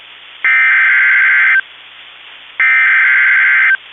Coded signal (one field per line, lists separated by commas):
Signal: Emergency Alert System (SAME) tones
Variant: header bursts